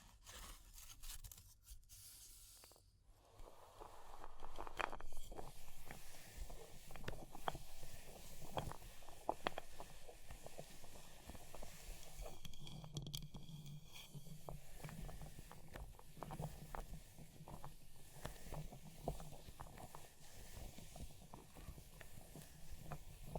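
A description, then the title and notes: A fire crackles, with frequent sharp pops and snaps scattered through the whole clip over a steady low rumble and hiss. The first few seconds are quieter and sparser, then the crackling fills in and stays dense, with a brief scratchy burst around thirteen seconds. ASMR for PURE Relaxation and Sleep Fire Crackling, Tapping, Scratching(No Talking).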